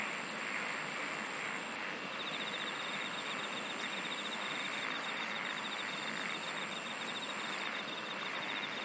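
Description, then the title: Insect chorus with an unbroken high hiss and whine, a rapid ticking trill and recurring short high pulses. "SINGING OF INSECTS"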